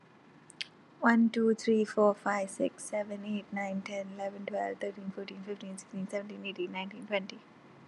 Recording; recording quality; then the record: counting at a fast pace; excellent, no background noise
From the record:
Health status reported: healthy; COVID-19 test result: negative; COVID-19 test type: RT-PCR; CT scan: not taken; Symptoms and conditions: none ticked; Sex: female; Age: 21 years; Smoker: no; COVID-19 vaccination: one dose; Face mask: not worn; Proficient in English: yes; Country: India